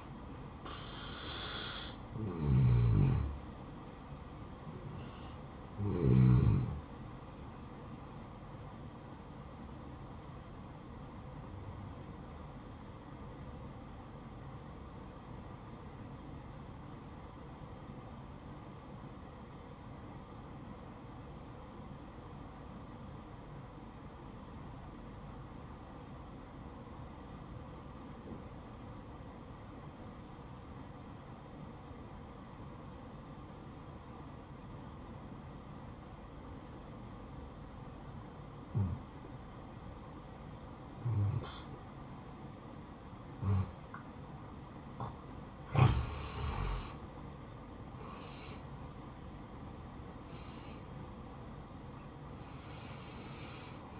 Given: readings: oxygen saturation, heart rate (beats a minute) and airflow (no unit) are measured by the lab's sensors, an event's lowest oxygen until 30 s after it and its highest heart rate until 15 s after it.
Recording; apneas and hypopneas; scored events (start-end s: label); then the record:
breathing in sleep by a smartphone at the bedside; 1
13.00-44.50 s: obstructive apnea (N1, oxygen 96% highest, then 85% lowest, heart rate 64 at the start, 73 highest)
29.00-54.00 s: new sleep stage, N2 (light sleep)
From the record:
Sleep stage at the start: N1 (lightest sleep); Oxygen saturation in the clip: 85 to 96%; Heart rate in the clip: 61 to 71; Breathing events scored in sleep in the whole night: 573 in 9.8 hours asleep